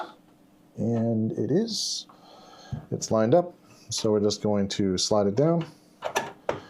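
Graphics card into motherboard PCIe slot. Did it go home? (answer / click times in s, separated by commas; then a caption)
yes / 6.5 s. Someone talks while an NVIDIA 4060 Ti graphics card in an Intel 13th-generation build is lined up and slid down into the motherboard's PCIe x16 slot. A sharp click at 6.5 s is the slot's little locking mechanism pushing up, and the card is seated and latched in place.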